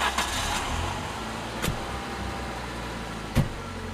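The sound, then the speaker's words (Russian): A car engine idles with a steady low rumble, broken by three sharp clicks or knocks spread across the few seconds. No voices are heard. “Не прошло и 5 минут, как Дэмьен, чистый и одетый, стоял у машины.”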